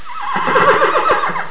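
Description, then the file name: Horse whinnying, a loud shaky neigh that quavers up and down throughout. "WHINNY"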